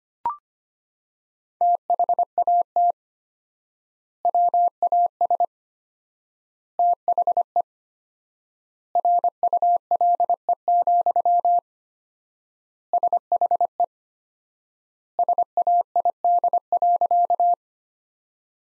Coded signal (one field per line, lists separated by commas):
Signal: Morse code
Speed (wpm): 25 wpm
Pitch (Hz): 700 Hz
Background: none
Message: THAT WAS THE RULE, SHE SAID.